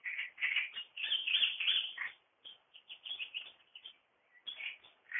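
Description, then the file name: Great reed warbler delivering loud, rasping, jerky song phrases, breaking into shorter scratchy notes before resuming the harsh chatter. "Drosselrohrsänger"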